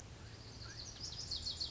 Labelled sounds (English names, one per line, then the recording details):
Lazuli Bunting
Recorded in Sonoma County, California